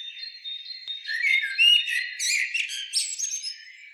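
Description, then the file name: Common blackbird phrase: a thin steady whistle, then a quick run of squeaky rising and falling high twittered notes. "Turdus merula"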